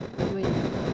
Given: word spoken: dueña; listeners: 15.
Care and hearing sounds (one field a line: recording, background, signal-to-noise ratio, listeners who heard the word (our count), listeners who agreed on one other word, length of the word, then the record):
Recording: one Spanish word in noise, from a listening test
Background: noise modulated by three-talker babble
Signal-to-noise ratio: -6.5 dB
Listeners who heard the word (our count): 1 of 15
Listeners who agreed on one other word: 9 of 15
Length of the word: 0.53 s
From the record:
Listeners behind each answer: 9, 1, 1, 1, 1, 1, 1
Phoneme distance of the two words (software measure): 10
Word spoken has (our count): 2 syllables, 5 phonemes, stress on syllable 1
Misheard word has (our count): 2 syllables, 5 phonemes, stress on syllable 1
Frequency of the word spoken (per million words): 12.18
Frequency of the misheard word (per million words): 35.41